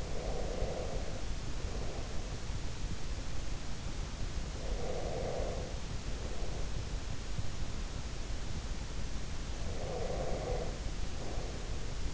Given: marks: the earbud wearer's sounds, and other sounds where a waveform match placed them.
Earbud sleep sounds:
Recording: sounds in sleep by an in-ear microphone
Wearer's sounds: breath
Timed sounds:
0.00-2.59 s: breath
4.61-6.95 s: breath
9.55-12.14 s: breath

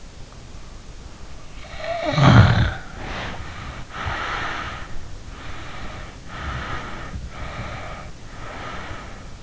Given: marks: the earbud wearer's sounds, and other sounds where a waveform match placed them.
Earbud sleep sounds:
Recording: sounds in sleep by an in-ear microphone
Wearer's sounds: snoring breath, breath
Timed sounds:
1.70-3.54 s: snoring breath
3.57-5.04 s: breath
5.34-7.22 s: breath
7.51-9.43 s: breath

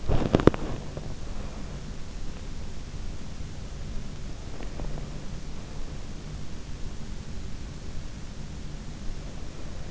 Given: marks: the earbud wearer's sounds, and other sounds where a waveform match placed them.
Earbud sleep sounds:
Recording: sounds in sleep by an in-ear microphone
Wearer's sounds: body movement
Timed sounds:
0.00-1.06 s: body movement

